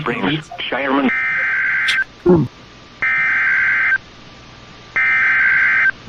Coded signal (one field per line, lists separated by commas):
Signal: Emergency Alert System (SAME) tones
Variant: header bursts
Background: speech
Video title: BY THE POWER OF DXING! | EAS Alerts from May 29, 2020 (EAS #361-376)